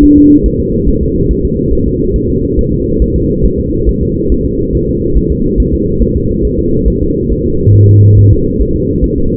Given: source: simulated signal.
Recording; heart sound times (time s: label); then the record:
fetal heart sounds
0.04 s: S1
0.18 s: S2
0.46 s: S1
0.60 s: S2
0.89 s: S1
1.03 s: S2
1.31 s: S1
1.45 s: S2
1.73 s: S1
1.88 s: S2
2.16 s: S1
2.30 s: S2
2.59 s: S1
2.73 s: S2
3.02 s: S1
3.16 s: S2
3.45 s: S1
3.60 s: S2
3.89 s: S1
4.03 s: S2
4.32 s: S1
4.46 s: S2
4.75 s: S1
4.89 s: S2
5.17 s: S1
5.32 s: S2
5.60 s: S1
5.74 s: S2
6.02 s: S1
6.17 s: S2
6.45 s: S1
6.59 s: S2
6.88 s: S1
7.02 s: S2
7.32 s: S1
7.46 s: S2
7.75 s: S1
7.89 s: S2
8.19 s: S1
8.33 s: S2
8.61 s: S1
8.76 s: S2
9.04 s: S1
9.18 s: S2
From the record:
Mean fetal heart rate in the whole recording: 140 bpm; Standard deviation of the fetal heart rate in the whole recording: 2 bpm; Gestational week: 34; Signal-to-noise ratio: -15.3 dB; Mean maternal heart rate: 72 bpm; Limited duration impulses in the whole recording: present